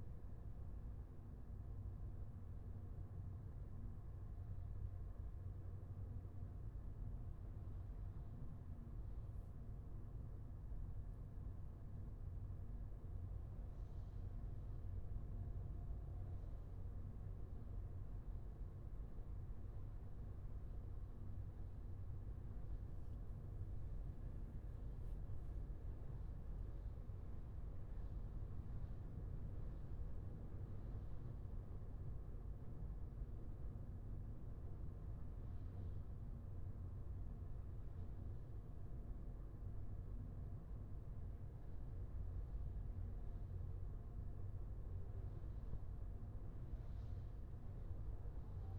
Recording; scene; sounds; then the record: everyday scene through a hearing-aid microphone; in a vehicle; engine, highway driving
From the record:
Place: Skoda Fabia, gasoline engine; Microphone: behind the ear, left, front